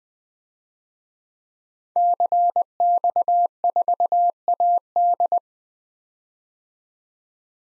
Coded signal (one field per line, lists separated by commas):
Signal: Morse code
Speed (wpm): 21 wpm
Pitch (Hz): 700 Hz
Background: none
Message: CX4AD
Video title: DXCC-100 Call Signs - 5 Character 20wpm